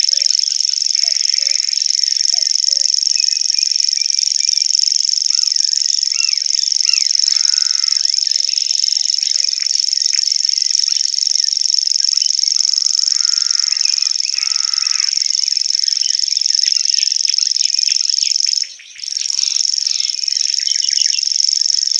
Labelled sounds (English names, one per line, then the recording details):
Common Grasshopper Warbler song
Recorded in the wild
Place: Flögelner See, Schleswig-Holstein, DE
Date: 1985-05-17
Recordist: Schwarz, Dieter